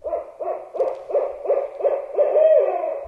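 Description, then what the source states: Barred owl hooting, a quick run of several short hoots ending in a longer, drawn-out hoot. Recording played back by researcher Diller to draw in territorial barred owls.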